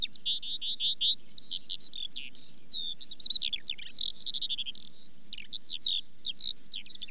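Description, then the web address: Eurasian skylark song: fast, unbroken chattering and trilling, with quick rising and falling notes pouring out one after another. "The BBC Sound Effects Library - Complete 60 CDs Collection Sound Effects Library-12 (British Birds) 17 Skylark"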